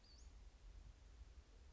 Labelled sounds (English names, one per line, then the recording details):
Western Flycatcher
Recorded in Sonoma County, California